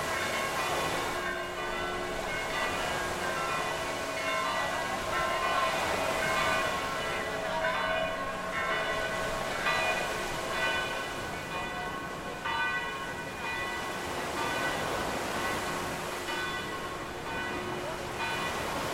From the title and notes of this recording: Churchbells And Sea. I finally got to edit my recordings from my trip to Montenegro last autumn. This bit is recorded in Pudva, on 17.09.2016, around 8 PM. Heavy waves crashing on the rock railing, with churchbells in the backround. Recorded with Zoom H6 digital recorder and its XY microphone module.